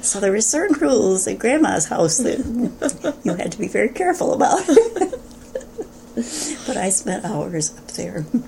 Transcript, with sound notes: so there were certain rules in grandma's house that you had to be very careful [laughter] But I spent hours up there.